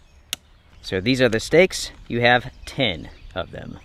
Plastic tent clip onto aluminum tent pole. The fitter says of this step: is a very easy process they simply snap into place just like so